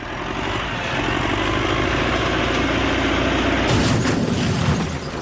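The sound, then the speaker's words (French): A BMW car is crushed under a steady, heavy mechanical rumble, with a loud crunching burst of metal near the end before the grinding drone carries on. “Mais non, attention, ma BMW, ah, ils ont écrasé ma voiture.”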